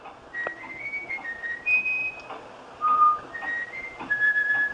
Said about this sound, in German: Und offenbar haben die Gimpel einen so großen Speicher, dass so ein Volkslied da reinpasst.